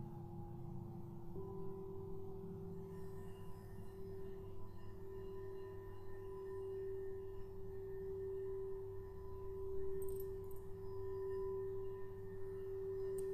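Crystal singing bowls ring in a steady, sustained hum, with one clear tone around the middle holding almost unbroken and swelling slightly in strength. A deep low drone sits beneath it, while faint higher overtones shimmer, and a few brief bright glints appear near ten seconds.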